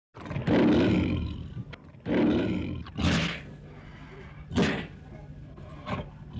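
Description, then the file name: Tiger giving two long, harsh roaring snarls, then several shorter explosive snarls over a low rumbling growl. "Tiger Snarling And Roaring"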